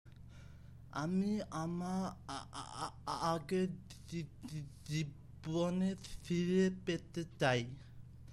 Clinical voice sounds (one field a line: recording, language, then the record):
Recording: elicited speech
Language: Bengali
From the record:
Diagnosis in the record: Broca's or global aphasia after a stroke